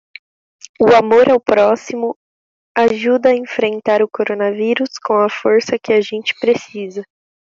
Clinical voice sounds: spoken sentence; Brazilian Portuguese; female; 18 to 19 years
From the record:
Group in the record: control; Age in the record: 18 years

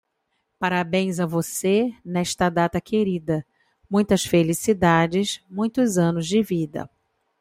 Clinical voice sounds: short text; Brazilian Portuguese; female; 40 to 49 years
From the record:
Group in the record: control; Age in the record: 47 years

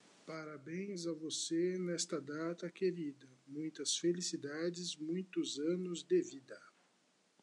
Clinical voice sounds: short text; Brazilian Portuguese; male; 40 to 49 years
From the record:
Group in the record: control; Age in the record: 46 years

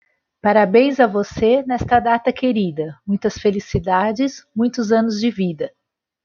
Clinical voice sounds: short text; Brazilian Portuguese; female; 50 to 59 years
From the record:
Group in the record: control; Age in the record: 53 years

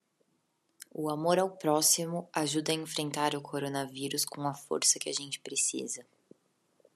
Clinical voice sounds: spoken sentence; Brazilian Portuguese; female; 20 to 29 years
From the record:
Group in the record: control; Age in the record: 20 years

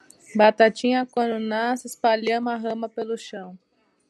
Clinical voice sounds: short text; Brazilian Portuguese; female; 30 to 39 years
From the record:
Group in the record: control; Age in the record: 31 years

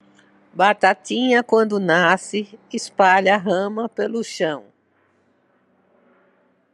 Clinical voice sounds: short text; Brazilian Portuguese; female; 60 to 69 years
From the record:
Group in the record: control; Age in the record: 69 years

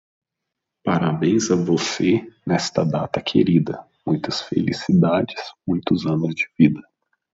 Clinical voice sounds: short text; Brazilian Portuguese; male; 20 to 29 years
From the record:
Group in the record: control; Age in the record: 25 years

